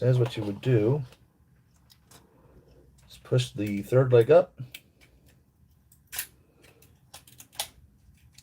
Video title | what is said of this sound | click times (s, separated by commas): Live Unboxing of something 1/6 or Hot Toys Discussion | Locks in place just like on the others. | 7.6 s